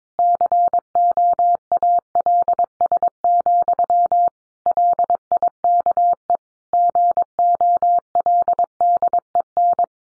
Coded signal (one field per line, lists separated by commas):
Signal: Morse code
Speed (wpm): 22 wpm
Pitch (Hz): 700 Hz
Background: none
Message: COALS, LIKE GOLDEN